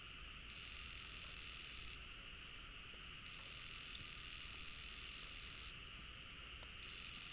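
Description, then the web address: Frog calling with long, high, buzzing trills, one of them over two seconds long, each separated by a pause of a little over a second. "frog rec 150520"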